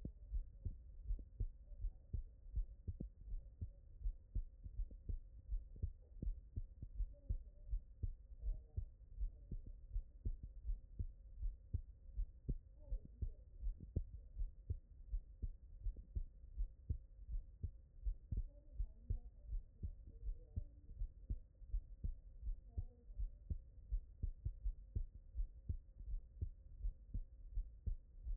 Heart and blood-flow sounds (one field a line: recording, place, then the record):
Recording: heart sounds by stethoscope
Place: tricuspid valve (TV)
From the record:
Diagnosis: non-HFrEF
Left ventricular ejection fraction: 56%